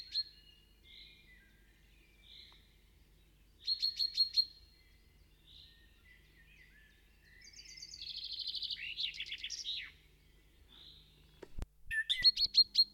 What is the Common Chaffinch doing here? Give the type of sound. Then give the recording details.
call. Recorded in the wild. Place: Kaiserslautern, Rheinland-Pfalz, DE. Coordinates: 49.26, 7.45. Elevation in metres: 206. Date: 1977-06-20. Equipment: Nagra IV, Sennheiser MKH 405, Parabolreflektor. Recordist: Tretzel, Erwin. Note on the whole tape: Alte Buche. Buchfink "rü-pink"-Serie